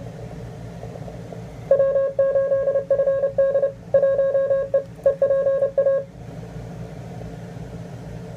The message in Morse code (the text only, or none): W8FD 1E EPA